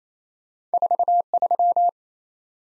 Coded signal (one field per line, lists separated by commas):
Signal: Morse code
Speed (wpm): 38 wpm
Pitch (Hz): 700 Hz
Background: none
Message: 43